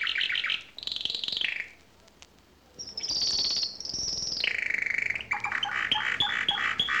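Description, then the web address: Bird calls: loud, harsh and varied, with stacked squawking notes, a high drawn-out whistle and a jumbled burst at the end. "audio animali uccelli 03 uccelli birds 08"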